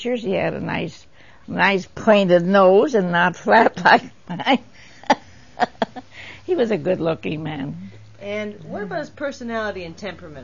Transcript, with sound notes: He had a nice-nice pointed nose and not flat like that (laughing) he was a good looking man.
And what about his personality and temperament?